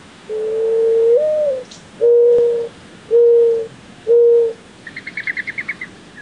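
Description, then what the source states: Mourning Dove cooing: a long, soft hooting note that lifts near its end, then three shorter level coos about a second apart, followed by a quick run of high ticking notes. Cooing described as a soothing song.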